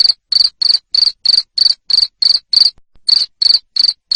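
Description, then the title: Cricket chirping, bright and buzzy, about three pulses a second, with a short silent gap before the last few chirps. Loud cricket chirping used to stimulate lovebirds into continuous ngekek singing. "Suara JANGKRIK NGERIK Keras Bikin LOVEBIRD Jadi NGEKEK Terus Vubey"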